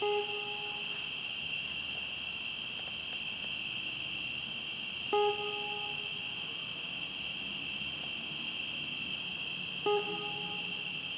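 Cricket giving a steady, unbroken high trill throughout, with three brief lower tonal notes about five seconds apart.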